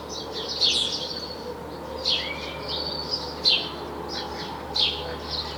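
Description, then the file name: House sparrow calls, clusters of quick chirps at irregular intervals with other faint twitters, over a constant low hum. "Passer domesticus"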